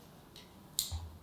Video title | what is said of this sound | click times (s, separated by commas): BalanceTutor Masterclass with Chris McElderry, PT, DPT, NCS | we're locked in. Okay. | 0.8 s